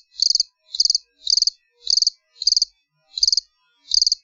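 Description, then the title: Cricket chirping, high pulsed chirps of several quick pulses each, repeated at short intervals against silence. "jangkrikk"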